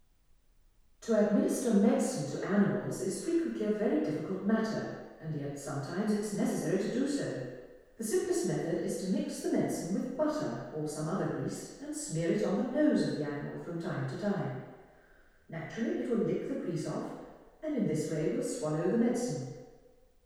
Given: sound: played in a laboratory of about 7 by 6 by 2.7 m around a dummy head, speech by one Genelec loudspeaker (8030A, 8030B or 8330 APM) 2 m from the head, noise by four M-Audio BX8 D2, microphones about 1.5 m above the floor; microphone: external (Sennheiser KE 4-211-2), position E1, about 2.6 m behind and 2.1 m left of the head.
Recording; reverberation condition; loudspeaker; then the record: female speech in English; high; 120 degrees to the right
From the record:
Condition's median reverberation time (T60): about 1300 ms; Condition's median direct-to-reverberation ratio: about -4.0 dB